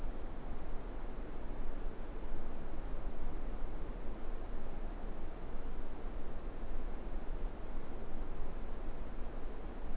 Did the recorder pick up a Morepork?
no